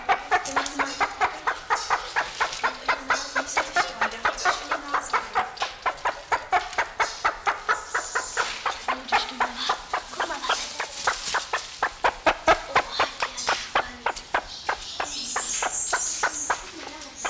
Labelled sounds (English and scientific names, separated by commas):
Great Argus (Argusianus argus) call